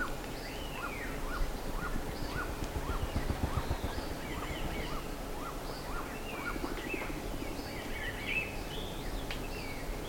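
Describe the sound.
Bird calls in a chorus: a run of short repeated notes with scattered swooping chirps from several birds, all over heavy low rumbling noise.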